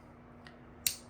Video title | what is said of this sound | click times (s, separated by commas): Today On Have A Knife Day the Simón classic Spanish folding knife aka Navaja from Albacete Spain | you hear that click and the good thing about the plate it also helps out | 0.9 s